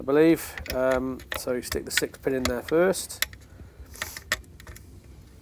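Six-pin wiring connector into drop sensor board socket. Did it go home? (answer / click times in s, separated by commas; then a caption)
yes / 4.3 s. A six-pin wiring connector is pushed into its socket on the drop sensor board of a Snakky vending machine while someone talks. A few light clicks and rattles follow, and the connector seats with a sharp snap at 4.3 s.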